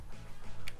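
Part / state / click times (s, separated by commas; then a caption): microSD card in laptop card slot / released / 0.7 s. A seated microSD card in a Chromebook laptop's card slot is pressed in once more until the push-push latch gives a short, bright click at 0.7 s over a low background hum. The card disengages and is released from the slot.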